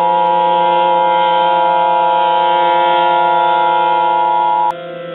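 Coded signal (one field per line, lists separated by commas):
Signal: Emergency Alert System (SAME) tones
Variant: 853 and 960 Hz attention tone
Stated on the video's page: Fictional tornado outbreak EAS scenario, not a real alert.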